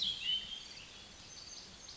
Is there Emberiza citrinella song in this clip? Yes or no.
no